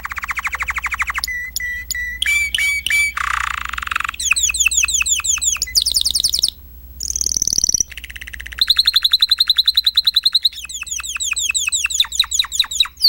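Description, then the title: Oriental magpie-robin singing a highly varied medley: buzzy rattles, steady whistled tones, quick downslurred chips and rapid high trills, changing phrase every second or two. "Kicau Kacer"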